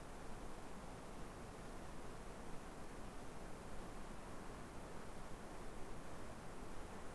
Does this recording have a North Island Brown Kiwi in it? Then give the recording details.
no. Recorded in New Zealand on 2 November 2013. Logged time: 20:59. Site CV71